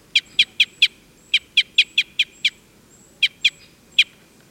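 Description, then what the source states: Red crossbill flight calls, sharp dry 'kip' notes given in quick series of one to six, pausing briefly between bursts, clear against quiet background. Type N call type; excitement calls.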